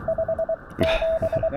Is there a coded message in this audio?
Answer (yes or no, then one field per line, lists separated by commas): yes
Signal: Morse code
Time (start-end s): 0.1-1.5 s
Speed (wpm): 23 wpm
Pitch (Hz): 650 Hz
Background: radio noise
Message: 57